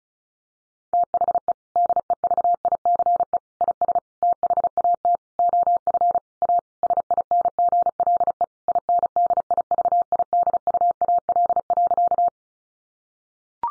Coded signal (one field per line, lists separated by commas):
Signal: Morse code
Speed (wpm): 34 wpm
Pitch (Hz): 700 Hz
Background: none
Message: THE DEVICE IS THAT OF A SINGLE INDIVIDUAL.